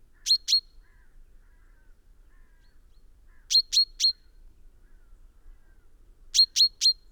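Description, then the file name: Common chaffinch calling, bright clipped notes in bursts of two or three spaced a few seconds apart against a quiet background. "Fringilla coelebs"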